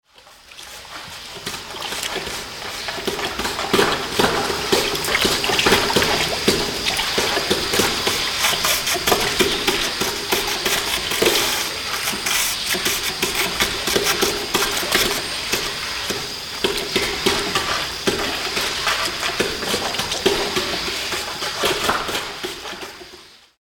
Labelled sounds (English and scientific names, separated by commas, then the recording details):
South American Sea Lion (Otaria flavescens)
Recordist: Tembrock, Günter
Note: Lautfolgen eines Männchens